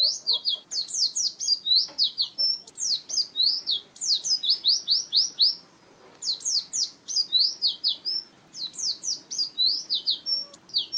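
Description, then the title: White-eye singing a fast, high-pitched warble of sweeping notes in dense bursts, with one clear pause near the middle. "Pleci"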